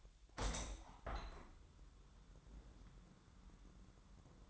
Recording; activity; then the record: daily activity, microphone in the room; open window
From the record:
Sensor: 3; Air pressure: 1000.3 hPa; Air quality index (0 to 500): 239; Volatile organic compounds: 135 ppm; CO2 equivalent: 3955 ppm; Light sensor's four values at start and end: 10/23/9/9 and 10/24/10/10